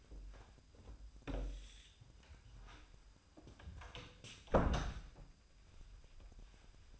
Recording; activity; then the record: daily activity, microphone in the room; close door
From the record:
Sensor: 2